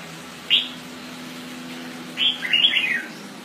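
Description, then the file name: Red-whiskered bulbul: a single sharp chirp, then a short run of warbled, falling notes after a brief pause. "Pycnonotus jocosus"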